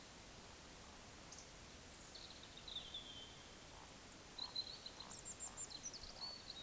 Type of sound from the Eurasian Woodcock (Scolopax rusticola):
whistle, croak